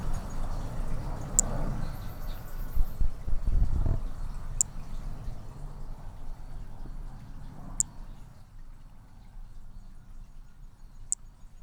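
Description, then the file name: Hermogenes's toadlet calls with single high, sharp chirps spaced about three seconds apart, over louder low rumbling and rustling background noise. Recorded at Picinguaba on 13 December 2017; individual 2. "MHNCI B hermogenesi Picinguaba ind 2 ex 2 tudo 05 cm 13 dez 2017 MRB"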